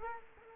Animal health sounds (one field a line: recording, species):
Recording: mosquito wingbeat signal from an infrared sensor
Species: Culex quinquefasciatus